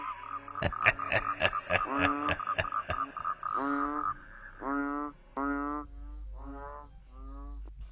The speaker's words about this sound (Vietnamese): Trong không gian im ắng, chỉ còn lại tiếng cười khùng khục của người kia và tiếng ếch nhái vẫn cứ râm ran ở cái đìa ngay bên cạnh nghĩa địa.